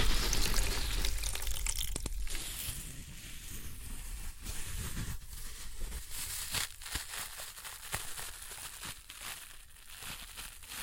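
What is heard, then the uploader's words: Floral foam is crushed with steady crunching and crackling, a dense bright texture of tiny snaps throughout. Sharper crunches stand out near 2, 4.5, 6.5 and 9 seconds, and a low rumble under the first few seconds fades away. Floral Foam Glitter Bomb Crushing.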